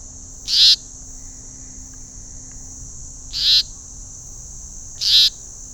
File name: Myiagra Rubecula